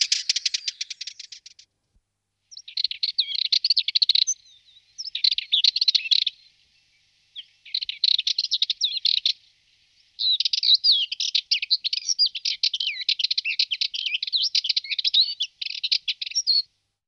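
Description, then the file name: Sardinian warbler song: scratchy, fast chattering phrases in bursts separated by short gaps. "Occhiocotto"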